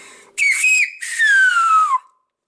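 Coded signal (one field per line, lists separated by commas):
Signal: whistled language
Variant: Silbo herreño (whistled Spanish)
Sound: short whistled phrase: steady high pitch, brief break, then long falling glide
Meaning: Sunday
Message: domingo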